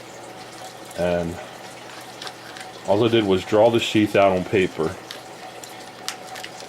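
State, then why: Seated. A knife is pushed into a hand-made leather sheath, copied by drawing it out on paper, while someone talks. A sharp click at 6.1 s marks the knife snapping into place in the sheath, with a few quieter ticks around it.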